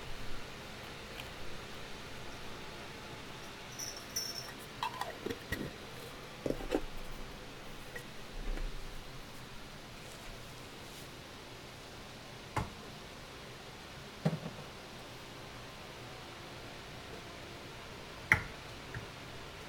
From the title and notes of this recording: ASMR soundscape triggers candle dressing, shuffling, and cutting sounds.